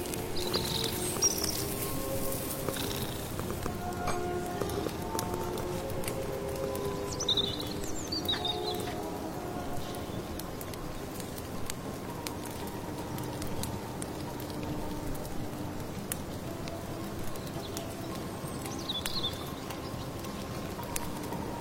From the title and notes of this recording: Come to the mysterious late autumn forest, stir your magic amulet soup, accompanied by birdsong, firewood, rustling rain.